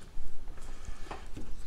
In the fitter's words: That one didn't really snap, it kind of went in there a little bit.